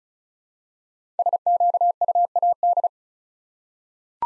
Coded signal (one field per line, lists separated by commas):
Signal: Morse code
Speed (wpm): 36 wpm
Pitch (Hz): 700 Hz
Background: none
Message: SQUAD